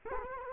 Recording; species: mosquito wingbeat signal from an infrared sensor; Culex quinquefasciatus